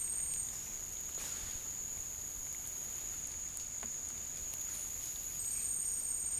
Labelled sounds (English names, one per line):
none